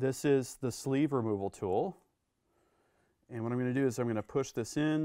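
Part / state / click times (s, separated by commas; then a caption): sleeve removal tool jaws engaging behind the bolt's firing pin sleeve / not seated / none. A man talks while holding a sleeve removal tool, about to push it into a rifle bolt so its small metal jaws catch behind the firing pin sleeve. His speech pauses into near silence from about 2.0 to 3.3 seconds, then he talks again. The tool is only being handled: the jaws have not seated or clicked yet.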